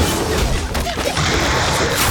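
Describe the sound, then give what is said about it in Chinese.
A magic ice wall in a game battle of the Chinese audio drama Quanzhi Gaoshou shatters as a boss charges, in a loud, dense burst of crashing and grinding noise lasting about two seconds, with a brief dip midway before the rumble surges again. “兵强碎了。”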